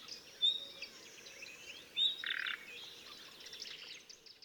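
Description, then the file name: Common nightingale song: two sharp high whistles, the second followed by a rasping, buzzy burst, over a dense background of many chirping, twittering notes. "Luscinia megarhynchos"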